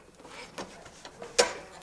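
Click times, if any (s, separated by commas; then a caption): 1.4 s. A steel tension spring is stretched with pliers and its end hooked into the stamped hole in the metal mechanism of a recliner whose footrest won't stay down. A few faint scrapes and ticks at 0.6, 1.1 and 1.2 s are followed by a sharp metallic snap at 1.4 s as the spring end seats in the hole.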